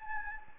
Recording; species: mosquito wingbeat signal from an infrared sensor; Anopheles gambiae